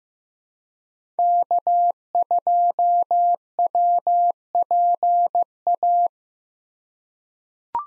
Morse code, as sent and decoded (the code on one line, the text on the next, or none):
-.- ..--- .-- .--. .-
K2WPA